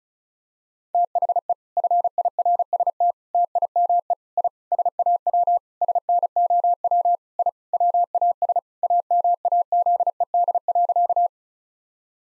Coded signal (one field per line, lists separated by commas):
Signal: Morse code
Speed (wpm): 36 wpm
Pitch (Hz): 700 Hz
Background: none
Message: THE FIRST TIME I SAW SNOW I WAS AMAZED.